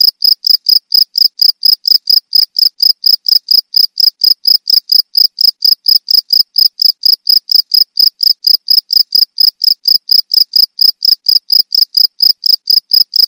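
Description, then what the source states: Field cricket with an unbroken train of rapid, high-pitched chirps, evenly repeated. Cricket of rice fields.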